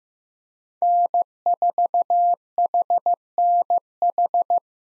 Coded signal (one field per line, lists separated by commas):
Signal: Morse code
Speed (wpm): 15 wpm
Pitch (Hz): 700 Hz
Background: none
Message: N4HNH